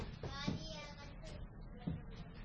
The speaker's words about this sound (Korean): 자, 수고하셨습니다. 박수. 우리 다 같이 박수 보내줄까요? 수고하셨습니다.